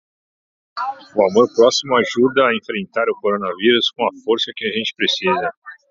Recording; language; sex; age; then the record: spoken sentence; Brazilian Portuguese; male; 30 to 39 years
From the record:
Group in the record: control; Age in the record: 39 years